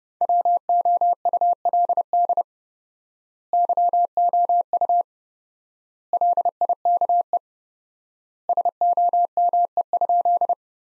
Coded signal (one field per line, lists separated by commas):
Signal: Morse code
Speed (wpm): 30 wpm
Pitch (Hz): 700 Hz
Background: none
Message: WOULD YOU LIKE SOME?